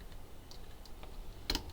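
A plastic building-brick piece is pushed all the way across into a knock-off Lego Mecha Team Leader mech model assembly, using another piece as a tool to press it in. Light ticks at 0.5, 0.9 and 1.0 seconds lead to a sharp click at 1.5 seconds with a quick follow-up at 1.6 seconds. The piece is seated and locked into place.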